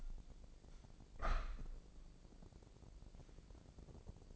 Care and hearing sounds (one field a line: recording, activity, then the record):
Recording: daily activity, microphone in the room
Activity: open window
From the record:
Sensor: 5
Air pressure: 1012.4 hPa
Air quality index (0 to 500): 162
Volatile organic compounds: 2 ppm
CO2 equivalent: 1097 ppm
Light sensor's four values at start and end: 67/161/66/69 and 67/161/66/69